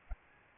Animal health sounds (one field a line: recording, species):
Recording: mosquito wingbeat signal from an infrared sensor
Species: Aedes albopictus